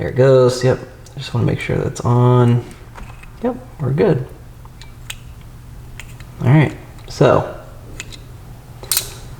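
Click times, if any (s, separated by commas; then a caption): 8.9 s. A custom color-matched, painted plastic replacement button is pressed into the interior switch panel housing of a BMW F80 M3. Someone talks between light ticks and handling sounds. The button clicks into place at 8.9 s and is seated.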